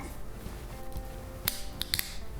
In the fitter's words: And then when it's assembled, you'll hear it click.